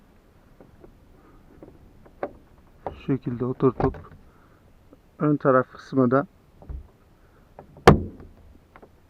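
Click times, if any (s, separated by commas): 7.9 s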